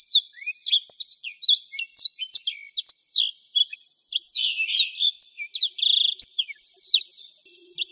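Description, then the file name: Black-throated canary song, bright and rapid, made of repeated high downslurred whistles and short trills, with a pause near the middle. "suara burung blackthroat"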